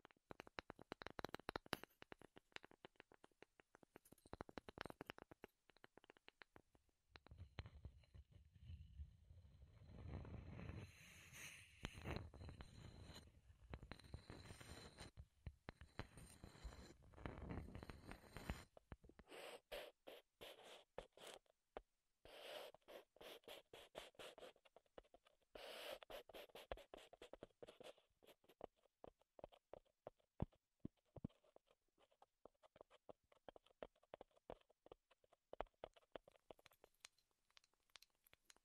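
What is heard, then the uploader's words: Wood triggers for ASMR: a steady stream of crisp taps and clicks with scratchy rubbing between them. From about 7 to 19 seconds the sound thickens into dense, rumbly scraping, then thins back to sharper, more spaced taps, with a bright scratchy burst near 25 seconds. ASMR Wood Triggers in Your Ears (No Talking).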